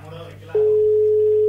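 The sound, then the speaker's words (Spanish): A telephone dial tone while placing a call: a loud, steady single-pitched hum that starts a third of the way in and holds unbroken to the end, after a brief stretch of low, muffled background noise. “Llamémoslo a Pablo Bruera y le ofrezcamos”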